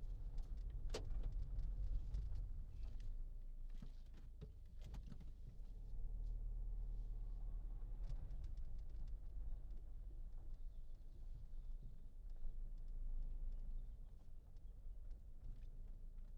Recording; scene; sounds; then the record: everyday scene through a hearing-aid microphone; in a vehicle; engine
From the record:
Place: Berlingo II, diesel engine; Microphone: in the ear canal, left